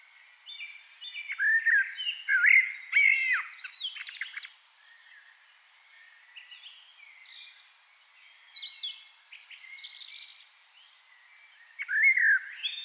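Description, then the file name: Eurasian blackbird singing: rich mellow fluted phrases, each trailing into a jumble of high scratchy twitters, with a quieter pause midway before another loud whistled phrase. "Turdus merula"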